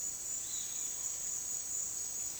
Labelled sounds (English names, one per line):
Roadside Hawk